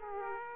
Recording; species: mosquito wingbeat signal from an infrared sensor; Aedes aegypti